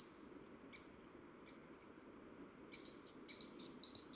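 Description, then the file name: Great tit: after a stretch of quiet background noise, several sharp high two-part notes repeat near the end. "Parus major"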